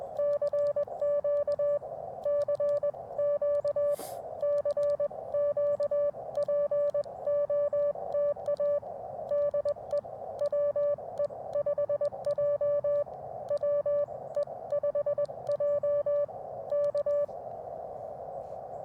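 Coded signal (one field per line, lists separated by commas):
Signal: Morse code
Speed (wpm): 21 wpm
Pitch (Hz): 580 Hz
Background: music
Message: CQ CQ CQ POTA DE WE5J WE5J K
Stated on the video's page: CW Parks on the Air activation with an Elecraft KX2, AX1 antenna and a paddle key, on 40m at 7.063 then 20m at 14062.5; modest pile-ups.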